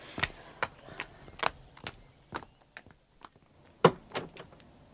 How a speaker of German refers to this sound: Die Tür ist auf.